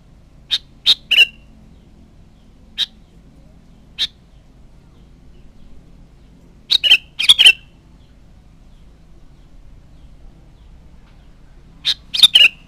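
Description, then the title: Sooty-headed bulbul calls: short notes given singly or in quick groups of three or four, with pauses of a few seconds between them. "Kutilang"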